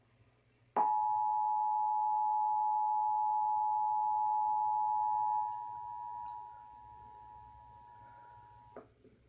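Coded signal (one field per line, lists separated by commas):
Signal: Emergency Alert System (SAME) tones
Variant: 853 and 960 Hz attention tone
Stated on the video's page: Indiana Required Monthly Test carried on a Comcast cable system.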